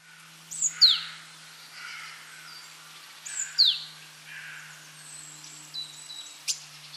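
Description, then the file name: Great tit calls: two sharp, high notes sweeping steeply downward, about three seconds apart, each followed by softer, breathy lower sounds; a faint steady low hum underneath. "Parus major"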